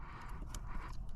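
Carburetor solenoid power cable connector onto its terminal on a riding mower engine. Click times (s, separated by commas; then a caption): 0.5 s. The power cable connector for the carburetor solenoid on a Craftsman LT1500 riding mower engine is pushed onto its terminal. It snaps into place with a small, sharp click at 0.6 s against steady low background noise, and the connector is seated.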